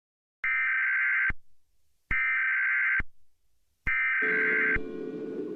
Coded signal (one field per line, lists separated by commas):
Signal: Emergency Alert System (SAME) tones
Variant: header bursts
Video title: EAS Scenario Test: Speed of Light v2